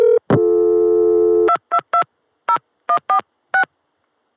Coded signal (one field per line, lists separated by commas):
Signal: DTMF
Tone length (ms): 90 ms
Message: 2220146